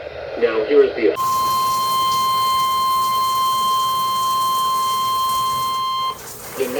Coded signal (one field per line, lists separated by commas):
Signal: Emergency Alert System (SAME) tones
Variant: 1050 Hz attention tone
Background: speech